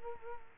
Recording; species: mosquito wingbeat signal from an infrared sensor; Culex quinquefasciatus